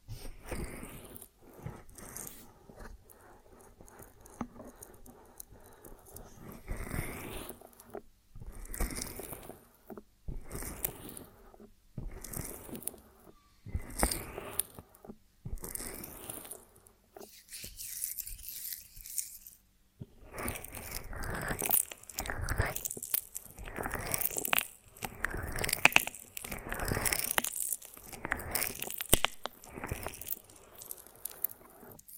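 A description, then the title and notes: Honeycomb on a branch being bitten and chewed, with crisp, crackling crunches that come in dense bursts separated by short quiet gaps. The bites are irregular, a few each second at their busiest, and grow louder and busier after about twenty seconds. ASMR of a Honeycomb on Branch (No Talking).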